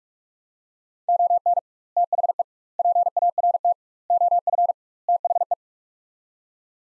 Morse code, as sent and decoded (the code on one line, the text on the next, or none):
--- -. / - .... . / .--. .- .-. - / --- ..-. / - .... .
ON THE PART OF THE